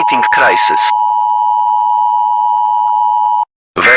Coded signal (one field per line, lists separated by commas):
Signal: Emergency Alert System (SAME) tones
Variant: 853 and 960 Hz attention tone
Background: speech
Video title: #eas #europe #shorts #germany full vid on my youtube